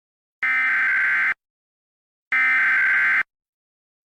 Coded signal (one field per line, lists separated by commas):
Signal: Emergency Alert System (SAME) tones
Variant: header bursts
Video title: (EAS) Sandia labs mistake-contagious disease warning